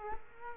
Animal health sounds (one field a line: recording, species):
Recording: mosquito wingbeat signal from an infrared sensor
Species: Culex quinquefasciatus